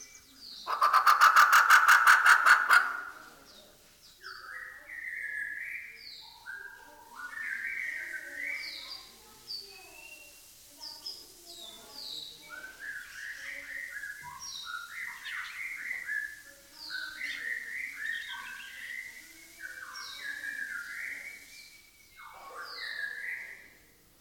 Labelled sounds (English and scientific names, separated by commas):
Grey Peacock-Pheasant (Polyplectron bicalcaratum)